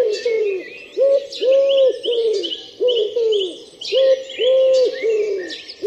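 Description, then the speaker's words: Pigeon cooing, a series of low rounded coos, with higher chirps and twitters over the top. Pigeon cooing 'gru, gru'; why it does this is an open research question. "Dlaczego, na co i po co tak gołąb robi gru, gru, gru, gru?"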